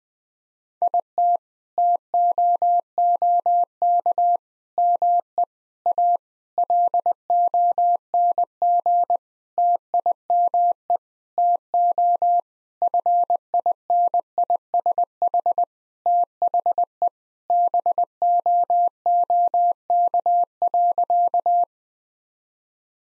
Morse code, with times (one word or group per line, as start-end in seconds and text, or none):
0.8-1.4 IT
1.8-4.4 TOOK
4.8-5.4 ME
5.9-6.2 A
6.6-9.2 LONG
9.6-11.0 TIME
11.4-12.4 TO
12.8-15.6 FINISH
16.1-17.1 THE
17.5-21.6 BOOK.